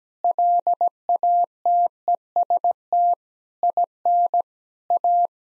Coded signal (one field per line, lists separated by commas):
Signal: Morse code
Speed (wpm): 17 wpm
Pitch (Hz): 700 Hz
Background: none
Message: LATEST IN A